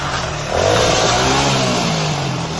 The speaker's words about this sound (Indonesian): Di luar, terdengar suara motor datang.